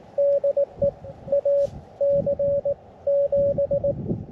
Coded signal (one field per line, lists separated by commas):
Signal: Morse code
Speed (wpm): 20 wpm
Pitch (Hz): 560 Hz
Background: radio noise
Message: DE AC7